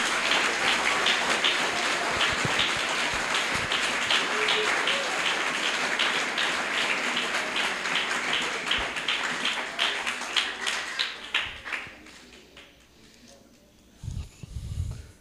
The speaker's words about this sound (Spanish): Dele un aplauso a Jesucristo si lo cree.